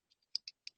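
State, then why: Seated. The top section of a PM air-sampling filter cassette is pressed down onto a filter resting on its mesh support. After two faint ticks near 0.1 and 0.2 seconds, three sharp plastic clicks sound at about 0.4, 0.5 and 0.7 seconds as the top snaps into place, and the cassette is seated.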